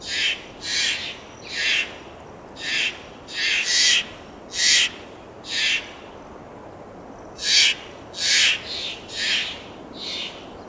Steller's Jay call from two birds recorded in the Twin Owls area of Rocky Mountain National Park.